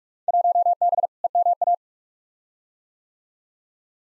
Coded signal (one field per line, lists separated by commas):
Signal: Morse code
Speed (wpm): 47 wpm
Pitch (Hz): 700 Hz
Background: none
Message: 1B EMA